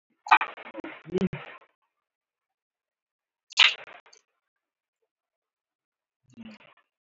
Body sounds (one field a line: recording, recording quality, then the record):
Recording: heavy voluntary cough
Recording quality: poor, much background noise or distortion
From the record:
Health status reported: healthy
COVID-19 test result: not tested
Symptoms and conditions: none ticked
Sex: male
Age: 31 years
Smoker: not ticked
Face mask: worn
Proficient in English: yes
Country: India